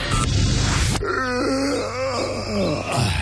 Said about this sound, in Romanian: Căscatul e contagios, băi. La fel și râsul.